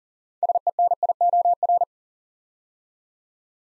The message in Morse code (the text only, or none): SENIOR